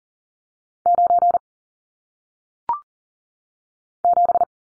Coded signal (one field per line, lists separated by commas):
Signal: Morse code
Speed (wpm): 38 wpm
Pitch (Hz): 700 Hz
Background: none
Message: 9 7